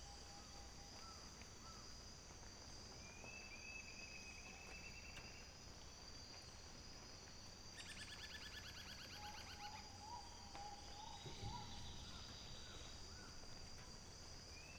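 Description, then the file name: Bird whistles, a steady high note then a lower wavering phrase, and a fast run of stacked notes midway, over a constant shrill insect chorus. "SABIOD 50 bird 2015"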